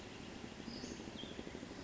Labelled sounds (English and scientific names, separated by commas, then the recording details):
Western Flycatcher (Empidonax difficilis)
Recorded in Sonoma County, California